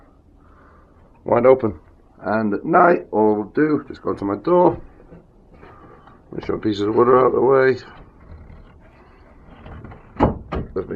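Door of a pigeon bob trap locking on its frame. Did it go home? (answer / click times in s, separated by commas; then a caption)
yes / 10.2 s. Someone talks while wood pieces are cleared out of the way of the door of a homemade pigeon bob trap. The door is then swung up and locks onto its frame with a sharp knock-like hit at 10.2 s, and the door is seated in place.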